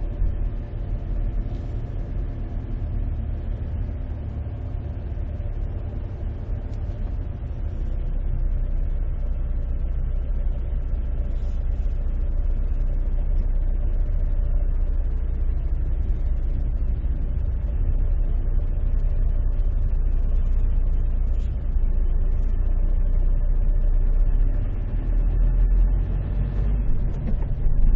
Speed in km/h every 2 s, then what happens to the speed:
10, 10, 9, 9, 8, 7, 8, 8, 7, 7, 8, 9, 2, 14.
0-24 steady at about 8. 24-28 pulls away to 14.